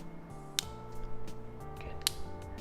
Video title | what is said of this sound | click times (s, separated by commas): Plextone G20-MKIII Wired Gaming Earphones Review, Sound Test, Gaming Test, Mic Test | It has a very satisfying click, okay, once you snap them back together. | 0.6 s, 2.1 s